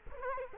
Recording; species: mosquito wingbeat signal from an infrared sensor; Culex quinquefasciatus